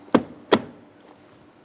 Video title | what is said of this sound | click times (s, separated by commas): How to Replace Master Switch Panel 2008-2016 Chrysler Town & Country | and slide it down. We'll listen for an audible click from all four locking tabs. | 0.2 s